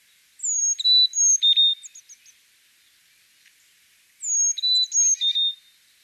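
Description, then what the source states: Carolina Chickadee song: a high series of clear whistled notes alternating high and lower pitch, given twice with a pause between, plus a few thin chips. Single Carolina Chickadee singing, recorded in Virginia; song similar to the Black-capped Chickadee song.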